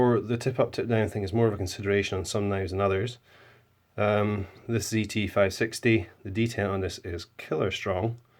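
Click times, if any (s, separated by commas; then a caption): none. Someone talks while handling a Z560 folding knife whose closed detent is very strong, about to close the blade into it. Only speech is heard, with a brief quiet gap around 3 to 4 seconds. The clip ends before the blade snaps shut, so nothing has seated or clicked yet.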